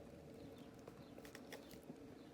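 A second plastic swap boot is wiggled onto an SH Figuarts action figure's ankle joint peg, making a few soft plastic ticks and rubbing sounds. It clicks into place at 1.4 s, and the boot is seated.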